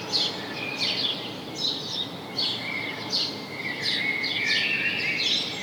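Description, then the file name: House sparrow chirping, clipped bright notes in uneven bursts with a longer wavering twitter near the end, steady hiss beneath. "Passer domesticus"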